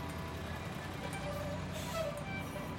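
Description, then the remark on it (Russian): A garbage truck of the Filly White company creeps slowly along a street in early morning light, its engine a steady, deep rumble with a faint mechanical whine and a brief hiss rising near the end. No one speaks. “Мусоровоз компании «Филли Вайт» ползет по улице в свете раннего утра.”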